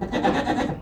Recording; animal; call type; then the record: contact call of a hoofed animal; goat; low-frequency (closed-mouth) or high-frequency (open-mouth) call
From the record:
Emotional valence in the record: positive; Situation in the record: food anticipation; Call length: 0.83 s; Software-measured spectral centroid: 1580 Hz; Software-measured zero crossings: 1330 a second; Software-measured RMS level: -24 dBFS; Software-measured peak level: -10 dBFS